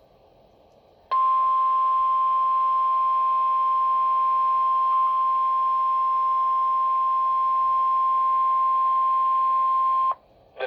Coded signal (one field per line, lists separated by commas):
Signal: Emergency Alert System (SAME) tones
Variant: 1050 Hz attention tone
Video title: Tornado Warning (EAS #31)